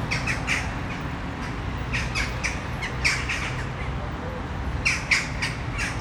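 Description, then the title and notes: Western jackdaws giving short, sharp 'chak' calls in loose bursts, some doubled, over a low background rumble. A tree full of jackdaws in Brno city centre, Czech Republic, recorded at sunset. "Malinovského nám. 571/1, 602 00 Brno-střed-Brno-město, Česko - Western jackdaws at sunset. A tree full of jackdaws in the city center of Brno"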